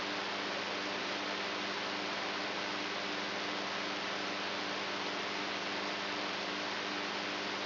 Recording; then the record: brain microelectrode recording played as sound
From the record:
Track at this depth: inside the subthalamic nucleus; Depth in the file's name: 3.518 mm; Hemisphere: right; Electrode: 3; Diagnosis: Parkinson's disease